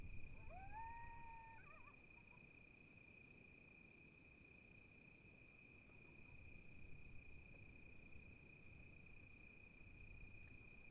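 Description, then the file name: Coyote howls early on, rising into a sustained tone lasting about a second, then gusty wind and a continuous high-pitched hum. Several coyotes recorded in fall 2016 amid wind gusts and creaking sounds. "coyotes-2016-medlock-fall-gusts-and-creaks-coyotes"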